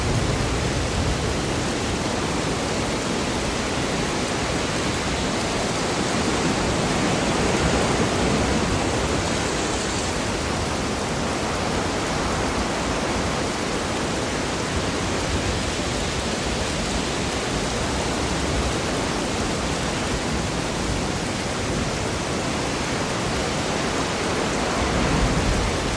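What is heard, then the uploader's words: A stormy sea roars in a dense, unbroken wash of sound, full from deep rumble to bright hiss. The level holds nearly constant for the whole stretch, with only slight swells, like heavy surf and wind blended into one steady rush. Stormy and Thunderstorm Sea Sounds.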